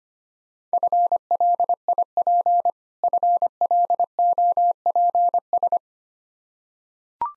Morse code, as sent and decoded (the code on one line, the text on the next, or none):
..-. .-.. .. .--. / ..-. .-.. --- .--. ...
FLIP FLOPS